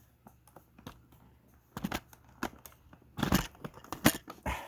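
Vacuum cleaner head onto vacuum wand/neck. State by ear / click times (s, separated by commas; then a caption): not seated / none. A plastic cleaner head is pushed against the wand of a Dyson UP30 Ball Animal 3 vacuum, producing scattered plastic knocks and scrapes, with the sharpest bumps around 1.8, 2.4, 3.9 and 4.1 seconds. The head does not go on, probably because it is not being lined up correctly, and nothing has seated or clicked yet.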